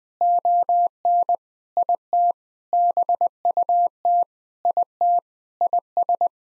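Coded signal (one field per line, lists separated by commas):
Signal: Morse code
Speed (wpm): 20 wpm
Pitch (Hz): 700 Hz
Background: none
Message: ON IT BUT IT IS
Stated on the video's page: Morse code practice at 20 wpm: sentences built from common nine-word phrases, each sent, then sent again for head-copy training.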